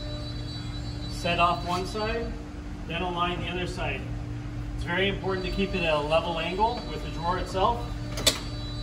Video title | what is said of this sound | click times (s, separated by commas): Drawer Guide Removal and Re-Installation | You'll hear a click, that's the drawer guide latches engaging, | 8.3 s